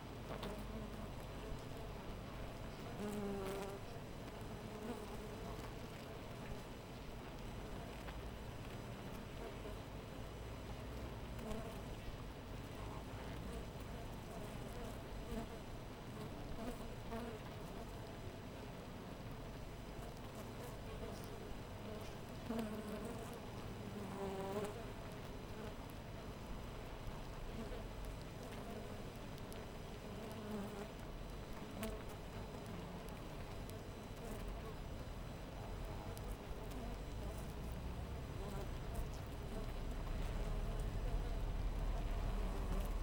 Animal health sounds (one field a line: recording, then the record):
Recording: honeybee colony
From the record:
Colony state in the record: missing queen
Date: 14 July 2017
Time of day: 4:58